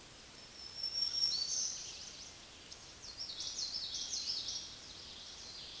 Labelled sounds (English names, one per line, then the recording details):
Black-throated Green Warbler song
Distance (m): 10 m
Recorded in a Pennsylvania forest on 20 May 2023 at 06:23
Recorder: AudioMoth, point grid1_36_low
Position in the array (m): 113 m, 157 m